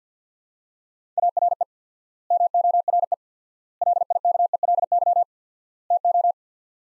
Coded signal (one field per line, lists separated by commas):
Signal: Morse code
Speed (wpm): 50 wpm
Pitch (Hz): 700 Hz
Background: none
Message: ARE MORE LIKELY TO